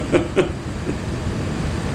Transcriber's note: laughter